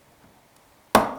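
Plastic brick pieces are pressed onto a castle model and snap into place. After near silence, one sharp, loud click lands at 0.95 s and rings down briefly to the end. The pieces are seated, a sound that signals they were placed right.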